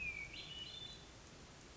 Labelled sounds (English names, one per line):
Hermit Thrush